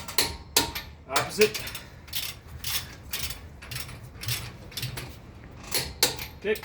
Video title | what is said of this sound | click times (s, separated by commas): Toyota Tundra Rear Brakes (2007-2021) | Go until you hear it click. | 0.6 s